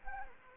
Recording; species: mosquito wingbeat signal from an infrared sensor; Anopheles gambiae